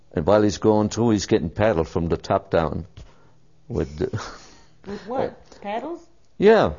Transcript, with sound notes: And while he's going through, he's getting paddled from the top down with - (laughs)
With what? Paddles?
Yeah.